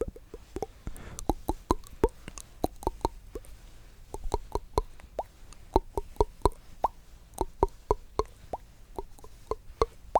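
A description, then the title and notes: Tingly mouth sounds: a steady run of sharp wet clicks and pops, about two or three per second, over a faint low hum. ASMR The MOST Tingly MOUTH Sounds.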